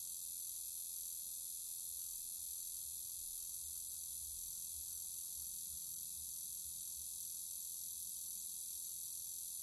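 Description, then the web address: Straight-lanced meadow katydid singing a continuous, high, sizzling buzz that stays level from start to finish with no breaks. "The Songs of Insects. Straight-lanced Meadow Katydid"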